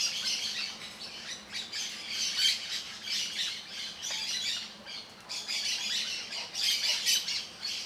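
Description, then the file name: Parakeets squawking in a dense flock, many shrill, overlapping chattering calls forming a continuous high-pitched chorus that swells and fades. Many parakeets singing together. "Muitos periquitos cantando"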